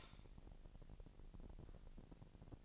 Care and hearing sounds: daily activity, microphone in the room; light on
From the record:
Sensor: 5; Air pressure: 1002.0 hPa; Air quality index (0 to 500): 239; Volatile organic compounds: 38 ppm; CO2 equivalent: 3123 ppm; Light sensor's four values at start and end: 16/38/15/17 and 16/38/16/17

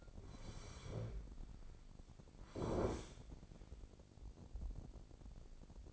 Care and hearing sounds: daily activity, microphone in the room; sit down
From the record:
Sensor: 5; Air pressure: 1009.4 hPa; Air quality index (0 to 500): 155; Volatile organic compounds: 2 ppm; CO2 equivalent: 1189 ppm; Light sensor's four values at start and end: 278/665/284/314 and 278/664/284/312

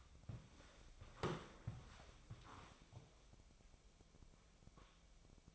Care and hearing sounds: daily activity, microphone in the room; walk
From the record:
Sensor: 1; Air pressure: 1000.5 hPa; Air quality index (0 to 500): 169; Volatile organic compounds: 4 ppm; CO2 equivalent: 1565 ppm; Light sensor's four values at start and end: 15/36/15/17 and 12/27/12/13

